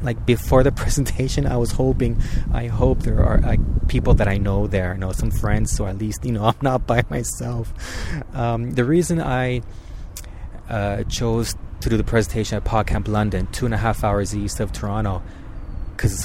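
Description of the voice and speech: Adult male speech with a long silent block, a stretched vowel and a repeated phrase, typical of stuttering.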